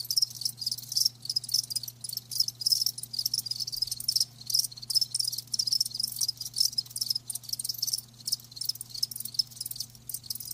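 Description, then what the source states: Cricket: a dense chorus of crickets chirps almost without pause, high pulsed trills overlapping, with a quiet low hum underneath. Live crickets chirping, a lulling song.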